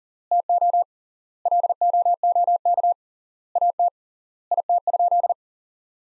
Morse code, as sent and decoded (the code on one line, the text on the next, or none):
- --- / .-.. --- --- -.- / .- - / .. - ..--..
TO LOOK AT IT?